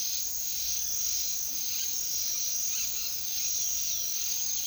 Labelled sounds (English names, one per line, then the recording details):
none
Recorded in secondary vegetation near Puerto Asís, Putumayo, Colombia, on 19 February 2024 at 07:30
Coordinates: 0.500, -76.326
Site G6428